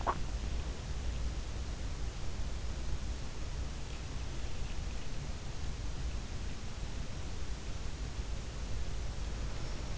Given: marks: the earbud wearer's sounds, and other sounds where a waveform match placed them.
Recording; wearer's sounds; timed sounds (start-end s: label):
sounds in sleep by an in-ear microphone; swallowing
0.00-0.16 s: swallowing